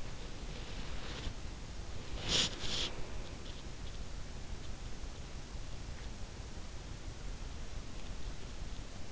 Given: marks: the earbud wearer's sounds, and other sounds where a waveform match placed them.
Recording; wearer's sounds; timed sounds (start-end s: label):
sounds in sleep by an in-ear microphone; body movement
0.20-3.04 s: body movement